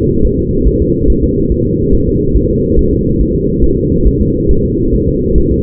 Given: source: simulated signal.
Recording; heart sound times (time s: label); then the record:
fetal heart sounds
0.25 s: S1
0.39 s: S2
0.67 s: S1
0.82 s: S2
1.10 s: S1
1.24 s: S2
1.52 s: S1
1.66 s: S2
1.94 s: S1
2.09 s: S2
2.37 s: S1
2.51 s: S2
2.79 s: S1
2.93 s: S2
3.21 s: S1
3.35 s: S2
3.64 s: S1
3.78 s: S2
4.07 s: S1
4.21 s: S2
4.51 s: S1
4.65 s: S2
4.94 s: S1
5.09 s: S2
5.38 s: S1
5.52 s: S2
From the record:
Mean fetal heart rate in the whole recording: 140 bpm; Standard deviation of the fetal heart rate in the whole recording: 2 bpm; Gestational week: 34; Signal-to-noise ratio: -16.4 dB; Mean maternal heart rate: 72 bpm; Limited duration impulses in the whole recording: present